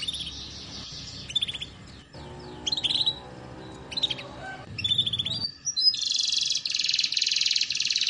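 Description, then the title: Canary song in short, separate bursts of high trills and whistled notes, then a steady buzzy high trill over the last two seconds, with a low background hum. Belgian canary song used to warm up canaries and as a model for young canaries learning to sing. "Canto Para Esquentar Canário Belga. Terapi Pancingan Suara Kenari Gacor || Masteran Kenari Paud Belajar Bunyi"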